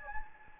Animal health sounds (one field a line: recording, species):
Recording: mosquito wingbeat signal from an infrared sensor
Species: Anopheles gambiae